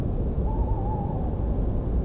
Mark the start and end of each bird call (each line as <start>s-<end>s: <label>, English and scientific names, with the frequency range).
0.46s-1.30s: Tawny Owl (Strix aluco) (0.7-1.0 kHz)